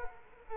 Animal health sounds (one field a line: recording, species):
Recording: mosquito wingbeat signal from an infrared sensor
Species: Culex quinquefasciatus